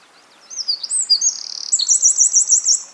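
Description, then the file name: Eurasian wren song, a vigorous high rush of shrill notes with a quick rattling trill and a closing run of several repeated bright notes. "Troglodytes troglodytes"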